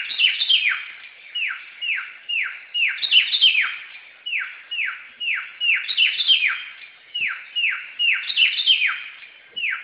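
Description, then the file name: Samyong song: rapid runs of falling whistles, each run opening with a higher cluster of notes and repeated every few seconds. Recorded in forest. "suara burung samyong di hutan"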